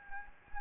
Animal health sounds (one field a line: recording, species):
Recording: mosquito wingbeat signal from an infrared sensor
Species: Anopheles gambiae